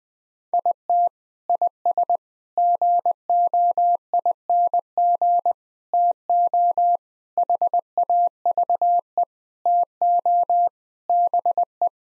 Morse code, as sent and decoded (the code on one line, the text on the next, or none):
.. - / .. ... / --. --- .. -. --. / - --- / .... .- ...- . / - --- / -... .
IT IS GOING TO HAVE TO BE